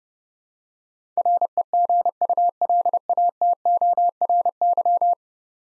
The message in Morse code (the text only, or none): REGULATORY